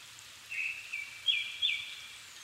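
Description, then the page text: Japanese thrush giving a brief fragment of whistled notes with two sharp upward slurs, over background hiss. Niigata Prefecture, Japan, 270 m altitude; 7 May 2011 at 17:59, evening; Sony PCM-D50 recorder, Panasonic WM-61A mic. "kurotugumi 20110507-1759. Turdus cardis [Sounds -Nikko Today-]"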